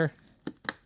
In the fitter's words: and they should snap in just like that